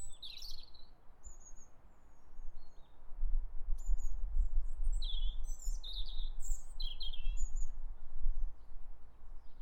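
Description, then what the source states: Birds twittering with quick high chirps and whistled phrases, several calls overlapping in bursts, above a low continuous rumble. Birds in a garden.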